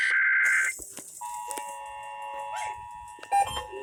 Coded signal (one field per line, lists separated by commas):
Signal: Emergency Alert System (SAME) tones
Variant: 853 and 960 Hz attention tone